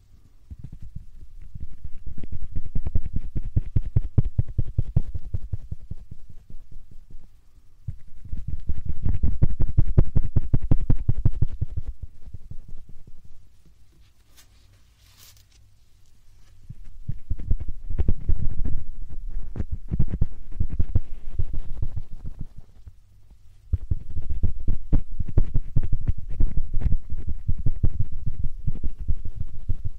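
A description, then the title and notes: Repeated low, rough puffing bursts, each lasting several seconds, separated by brief quiet gaps, with a faint crackle near the middle. 말없이 3가지의 퍼프로 귀를 토닥토닥 해드려요 puff sound.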